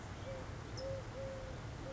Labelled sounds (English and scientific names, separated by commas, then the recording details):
Eurasian Collared Dove (Streptopelia decaocto)
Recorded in Sonoma County, California